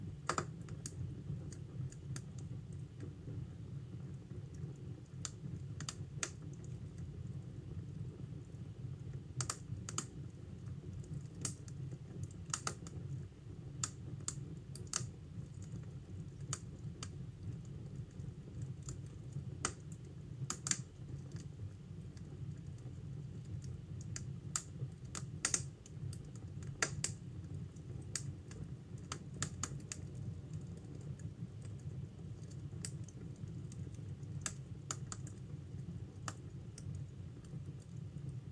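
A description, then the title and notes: A fireplace crackles steadily, its sharp pops and snaps landing irregularly every second or so, with a few louder cracks standing out. Beneath them runs a constant low, soft roar that never changes over the whole stretch, warm in tone. Fireplace with Rain in Background.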